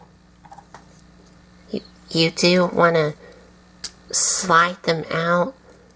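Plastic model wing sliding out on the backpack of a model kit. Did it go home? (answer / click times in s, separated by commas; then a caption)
no / none. Someone handles the painted plastic wings on the backpack of a High Grade Raider Gundam model kit from Mobile Suit Gundam Seed, sliding them outward toward their extended position, with faint plastic ticks near 0.6, 0.8, 1.0 and 1.8 seconds while someone talks. The clip ends before the wings reach their stop, so nothing has clicked or seated yet.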